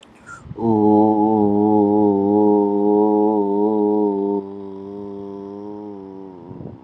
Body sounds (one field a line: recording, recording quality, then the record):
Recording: sustained vowel as in boot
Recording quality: excellent, no background noise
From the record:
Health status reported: COVID-19 positive, moderate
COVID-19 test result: positive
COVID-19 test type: RT-PCR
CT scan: not taken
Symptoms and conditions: cough, fever, fatigue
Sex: male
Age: 35 years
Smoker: no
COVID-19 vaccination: both doses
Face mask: not worn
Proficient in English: yes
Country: India